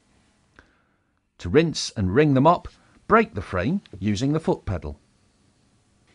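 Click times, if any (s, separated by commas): 0.6 s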